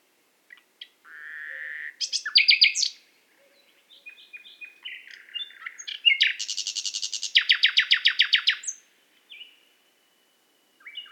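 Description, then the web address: Common nightingale song: a held whistle, a buzzy burst, mixed notes, then a long rapid rattling trill before falling quiet. "SETE data Luscinia megarhynchos"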